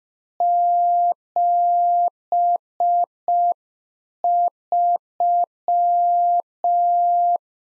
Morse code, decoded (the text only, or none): 73